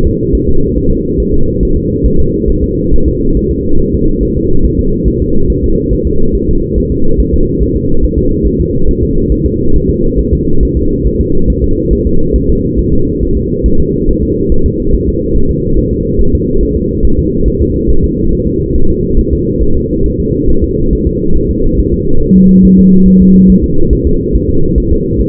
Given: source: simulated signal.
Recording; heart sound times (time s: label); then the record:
fetal heart sounds
0.07 s: S2
0.35 s: S1
0.49 s: S2
0.78 s: S1
0.91 s: S2
1.20 s: S1
1.34 s: S2
1.63 s: S1
1.77 s: S2
2.06 s: S1
2.20 s: S2
2.50 s: S1
2.64 s: S2
2.94 s: S1
3.08 s: S2
3.37 s: S1
3.51 s: S2
3.80 s: S1
3.94 s: S2
4.23 s: S1
4.37 s: S2
4.65 s: S1
4.79 s: S2
5.08 s: S1
5.22 s: S2
5.50 s: S1
5.64 s: S2
5.93 s: S1
6.07 s: S2
6.35 s: S1
6.49 s: S2
6.78 s: S1
6.92 s: S2
7.20 s: S1
7.34 s: S2
7.62 s: S1
7.76 s: S2
8.04 s: S1
8.19 s: S2
8.47 s: S1
8.61 s: S2
8.89 s: S1
9.03 s: S2
9.32 s: S1
9.46 s: S2
9.76 s: S1
9.90 s: S2
10.19 s: S1
10.33 s: S2
10.63 s: S1
10.77 s: S2
11.07 s: S1
11.21 s: S2
11.50 s: S1
11.64 s: S2
11.93 s: S1
12.07 s: S2
12.36 s: S1
12.50 s: S2
12.79 s: S1
12.93 s: S2
13.23 s: S1
13.37 s: S2
13.66 s: S1
13.80 s: S2
14.09 s: S1
14.23 s: S2
14.52 s: S1
14.66 s: S2
14.94 s: S1
15.09 s: S2
15.37 s: S1
15.51 s: S2
15.79 s: S1
15.93 s: S2
16.21 s: S1
16.35 s: S2
16.63 s: S1
16.77 s: S2
17.05 s: S1
17.19 s: S2
17.48 s: S1
17.62 s: S2
17.90 s: S1
18.04 s: S2
18.33 s: S1
18.47 s: S2
18.76 s: S1
18.90 s: S2
19.19 s: S1
19.33 s: S2
19.63 s: S1
19.77 s: S2
20.06 s: S1
20.20 s: S2
20.50 s: S1
20.64 s: S2
20.93 s: S1
21.07 s: S2
21.37 s: S1
21.50 s: S2
21.80 s: S1
21.94 s: S2
22.22 s: S1
22.37 s: S2
22.65 s: S1
22.79 s: S2
23.08 s: S1
23.22 s: S2
23.50 s: S1
23.64 s: S2
23.93 s: S1
24.07 s: S2
24.35 s: S1
24.49 s: S2
24.78 s: S1
24.92 s: S2
25.20 s: S1
From the record:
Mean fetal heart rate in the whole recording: 140 bpm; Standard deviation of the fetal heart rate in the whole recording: 2 bpm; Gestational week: 34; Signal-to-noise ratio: -19.1 dB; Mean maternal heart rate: 72 bpm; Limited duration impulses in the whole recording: present